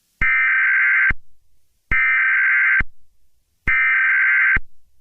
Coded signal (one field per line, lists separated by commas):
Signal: Emergency Alert System (SAME) tones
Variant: header bursts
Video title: Angry EAS